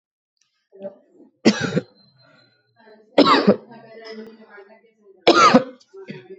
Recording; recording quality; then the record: shallow voluntary cough; moderate, slight background noise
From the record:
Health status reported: exposed to COVID-19, no respiratory illness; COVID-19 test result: negative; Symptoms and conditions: cough, cold, fever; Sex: female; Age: 24 years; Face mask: not worn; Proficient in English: yes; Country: India